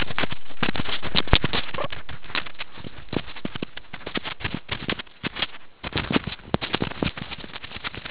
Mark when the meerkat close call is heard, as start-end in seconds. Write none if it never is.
1.74-1.89